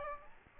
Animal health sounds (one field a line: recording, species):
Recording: mosquito wingbeat signal from an infrared sensor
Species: Aedes albopictus